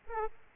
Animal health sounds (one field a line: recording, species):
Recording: mosquito wingbeat signal from an infrared sensor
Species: Aedes aegypti